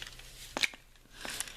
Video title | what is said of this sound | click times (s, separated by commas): Transformers G1 Grimlock Review | this is sort of tough but it does lock into place very nicely | 0.6 s